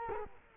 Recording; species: mosquito wingbeat signal from an infrared sensor; Culex quinquefasciatus